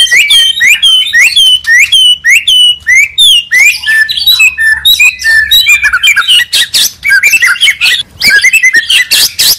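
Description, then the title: Oriental magpie-robin singing, starting with repeated slurred whistled notes about twice a second, then breaking into a fast jumble of varied chirps, whistles and harsh bursts. "Kacer"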